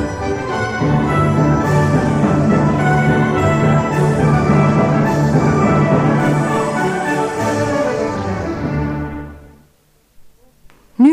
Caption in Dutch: Muziek, eerst normaal en daarna of u in toenemende mate slechthorend bent voor de hoge tonen.